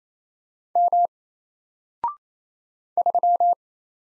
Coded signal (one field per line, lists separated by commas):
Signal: Morse code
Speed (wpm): 27 wpm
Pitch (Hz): 700 Hz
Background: none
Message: M 3